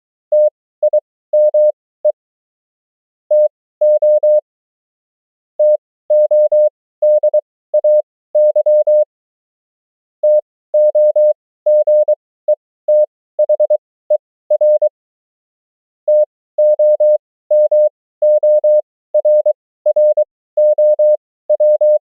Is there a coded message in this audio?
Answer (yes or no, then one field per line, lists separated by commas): yes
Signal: Morse code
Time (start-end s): 0.3-22.0 s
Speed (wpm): 23 wpm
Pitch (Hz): 600 Hz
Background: none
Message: TIME TO TODAY TOGETHER TOMORROW